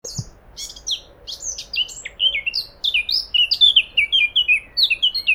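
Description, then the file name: Eurasian blackcap singing a rapid warble, first scratchy and jumbled, then a clear sequence of short falling whistles repeated several times a second. "Sylvia atricapilla"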